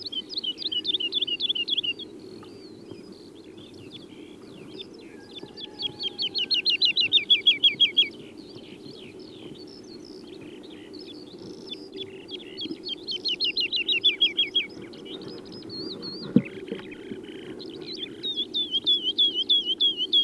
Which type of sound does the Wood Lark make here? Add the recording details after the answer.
call. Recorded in the wild. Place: Carpin, Mecklenburg-Vorpommern, DE. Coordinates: 53.359, 13.245. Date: 1980-04-13. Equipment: Nagra III BH, Sennheiser MD 21, parabola. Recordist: Schubert, Michael